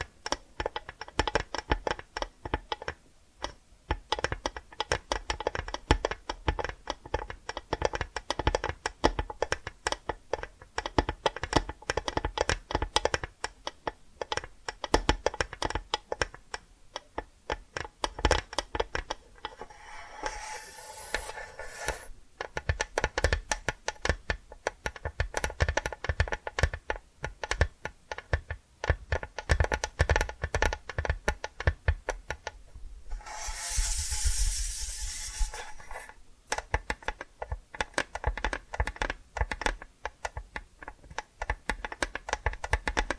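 Dense, rapid tapping and scratching runs throughout, steady and fast, with brighter hissing scratch bursts around 20 seconds and again near 34 seconds.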